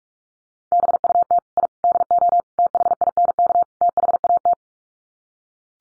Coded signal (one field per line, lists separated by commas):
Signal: Morse code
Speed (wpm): 44 wpm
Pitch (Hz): 700 Hz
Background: none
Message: BUT I DO THINK THAT